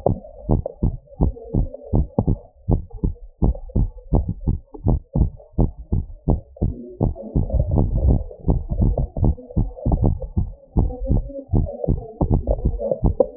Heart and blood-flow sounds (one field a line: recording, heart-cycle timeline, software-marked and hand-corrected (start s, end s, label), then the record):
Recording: heart sounds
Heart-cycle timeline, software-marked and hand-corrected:
0.00	0.09	systole
0.09	0.19	S2
0.19	0.47	diastole
0.47	0.59	S1
0.59	0.83	systole
0.83	0.95	S2
0.95	1.21	diastole
1.21	1.33	S1
1.33	1.55	systole
1.55	1.67	S2
1.67	1.93	diastole
1.93	2.07	S1
2.07	2.29	systole
2.29	2.39	S2
2.39	2.69	diastole
2.69	2.83	S1
2.83	3.05	systole
3.05	3.15	S2
3.15	3.43	diastole
3.43	3.55	S1
3.55	3.77	systole
3.77	3.89	S2
3.89	4.13	diastole
4.13	4.25	S1
4.25	4.47	systole
4.47	4.59	S2
4.59	4.87	diastole
4.87	4.99	S1
4.99	5.21	systole
5.21	5.31	S2
5.31	5.59	diastole
5.59	5.71	S1
5.71	5.93	systole
5.93	6.03	S2
6.03	6.29	diastole
6.29	6.41	S1
6.41	6.67	systole
6.67	6.77	S2
6.77	7.03	diastole
7.03	7.15	S1
7.15	7.37	systole
7.37	7.47	S2
7.47	7.71	diastole
7.71	7.85	S1
7.85	8.05	systole
8.05	8.19	S2
8.19	8.49	diastole
8.49	8.63	S1
8.63	8.81	systole
8.81	8.95	S2
8.95	9.21	diastole
9.21	9.35	S1
9.35	9.57	systole
9.57	9.69	S2
9.69	9.93	diastole
9.93	10.11	S1
10.11	10.37	systole
10.37	10.49	S2
10.49	10.77	diastole
10.77	10.91	S1
10.91	11.11	systole
11.11	11.25	S2
11.25	11.53	diastole
11.53	11.67	S1
11.67	11.89	systole
11.89	11.99	S2
11.99	12.27	diastole
12.27	12.41	S1
12.41	12.65	systole
12.65	12.77	S2
12.77	13.05	diastole
13.05	13.17	S1
13.17	13.37	systole
From the record:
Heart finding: normal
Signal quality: good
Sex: female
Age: 50 years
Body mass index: 26.8